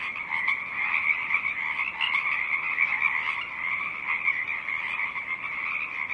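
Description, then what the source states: Pacific chorus frogs calling together, a dense continuous mass of rasping trills that rises and falls gently in loudness, soft wind noise below. Pacific chorus frogs singing, rising and falling above a stiff breeze; marsh on Saturna Island, British Columbia; Earth Day.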